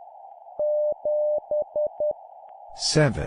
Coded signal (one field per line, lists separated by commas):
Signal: Morse code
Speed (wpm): 10 wpm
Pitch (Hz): 600 Hz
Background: speech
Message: 7E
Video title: 10wpm Repeat three times Random Number plus human voice, improve morse code copy speed